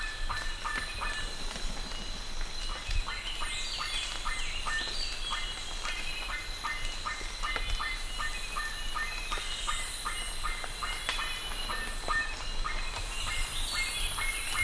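Birds in a busy chorus, rapid repeated chirps running steadily throughout, with higher whistled notes above and a constant hiss behind.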